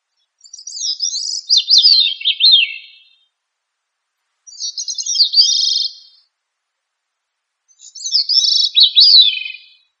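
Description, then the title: Warbled thrush song in three separate phrases of quick slurred notes, with silent gaps between them. "Familia Turdidae - Sabia"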